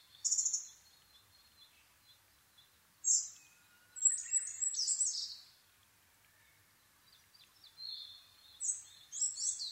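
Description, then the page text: Asian brown flycatcher producing short bursts of very high, thin chirps and complex twittering phrases, separated by quiet pauses of a second or more. Nikko, Japan, 26 April 2011 at 4:39, altitude 730 m; Sony PCM-D50 recorder with Panasonic WM-61A microphone. "kosamebitaki 20110426-0439. Muscicapa dauurica [Sounds -Nikko Today-]. 4/ 26 2011, 4:39. alt=730m"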